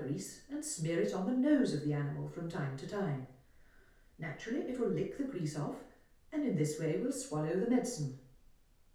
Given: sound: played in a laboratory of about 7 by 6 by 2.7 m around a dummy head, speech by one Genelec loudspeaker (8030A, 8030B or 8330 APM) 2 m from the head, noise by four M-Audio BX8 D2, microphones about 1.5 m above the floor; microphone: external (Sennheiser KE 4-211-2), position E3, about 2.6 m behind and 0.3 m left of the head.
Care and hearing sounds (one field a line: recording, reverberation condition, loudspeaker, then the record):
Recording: female speech in English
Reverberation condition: medium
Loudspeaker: 60 degrees to the left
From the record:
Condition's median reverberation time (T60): about 510 ms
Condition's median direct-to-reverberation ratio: about -0.5 dB